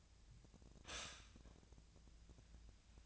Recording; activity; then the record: daily activity, microphone in the room; stop toaster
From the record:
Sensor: 2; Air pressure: 1009.2 hPa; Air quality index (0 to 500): 187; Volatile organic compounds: 11 ppm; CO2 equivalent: 2318 ppm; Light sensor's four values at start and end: 23/57/24/26 and 23/57/24/26